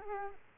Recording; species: mosquito wingbeat signal from an infrared sensor; Culex quinquefasciatus